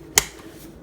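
A plastic panel on a transforming robot toy figure, the TransFormMission Havoc M-03 Powertrain, is folded down around to the side of the body. It snaps into place with a single sharp click at 0.2 s. No one talks.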